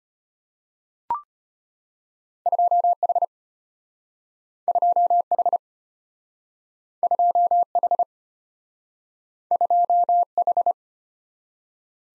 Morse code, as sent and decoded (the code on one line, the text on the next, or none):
..--- .... / ..--- .... / ..--- .... / ..--- ....
2H 2H 2H 2H